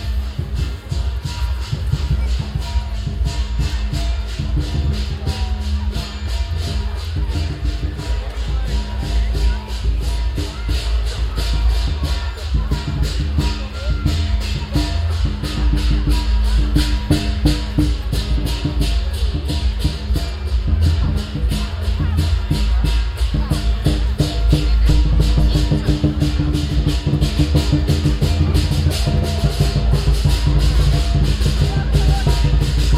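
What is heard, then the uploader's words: Percussion for a Chinese New Year dragon dance pounds without pause: fast, steady beats of a deep drum under dense, bright crashing cymbals. The playing grows a little louder after the midpoint, with a murmur of crowd voices mixed in underneath. Dragon dance - Chinese New Year Wagenstraat, Den Haag.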